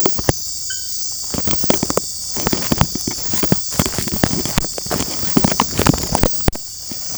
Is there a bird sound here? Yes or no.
no